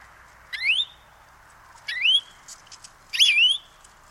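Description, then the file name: European greenfinch uttering three rising, drawn-out wheezy call notes roughly a second apart, the last one wavering, against soft background noise. "Chloris chloris"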